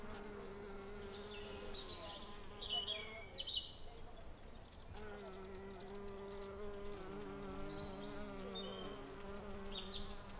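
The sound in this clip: Bees buzzing in a steady low drone, with small birds chirping intermittently.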